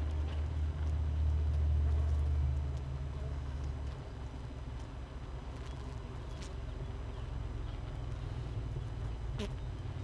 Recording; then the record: honeybee colony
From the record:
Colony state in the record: missing queen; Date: 31 May 2018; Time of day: 5:49